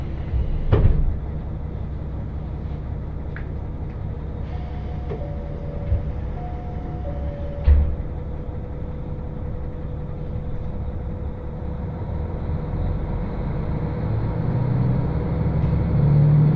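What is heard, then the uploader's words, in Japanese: Riding aboard a train between stations: a steady, heavy low rumble of wheels and engine fills the whole clip. Sharp knocks from the track land near the start and again around eight seconds, while a thin, sustained whine runs through the middle and later part. 鉄道旅 函館本線砂原支線 森→鹿部。キハ40系の単行で。というわけでロングシートに座っていきます。途中の渡島砂原までは駅間も短めで、徐々に駒ヶ岳が近づいてきますが、日も暮れて空も暗くなります。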